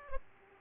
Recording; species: mosquito wingbeat signal from an infrared sensor; Culex pipiens